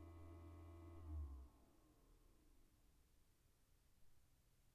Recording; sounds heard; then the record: poultry house recording; no chicken sound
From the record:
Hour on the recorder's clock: 23